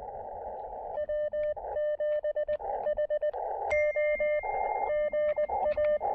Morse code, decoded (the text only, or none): W7HO GA